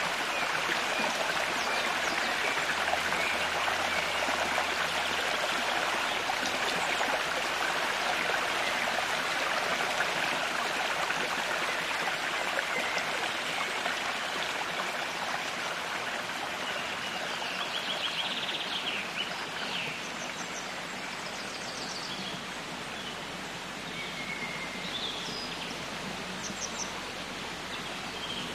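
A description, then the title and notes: A small stream runs steadily, its rushing water a dense, even wash of sound that holds at much the same level throughout. Brighter splashing and trickling details flicker on top, especially in the second half, with a faint low hum underneath. Water is the basic building block of life, the Black Forest has countless springs and streams. Today I am taking you along one such small stream.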